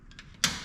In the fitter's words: click. Heard that click.